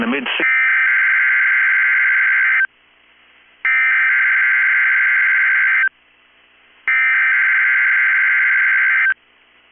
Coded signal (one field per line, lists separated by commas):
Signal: Emergency Alert System (SAME) tones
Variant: header bursts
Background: speech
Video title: 9/21/22 - KEC65 Required Weekly Test (EAS #659)